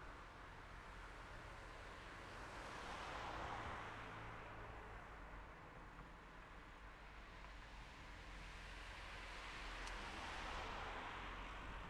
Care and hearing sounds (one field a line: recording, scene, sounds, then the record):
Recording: everyday scene through a hearing-aid microphone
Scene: in traffic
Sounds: traffic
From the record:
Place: city secondary road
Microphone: behind the ear, left, rear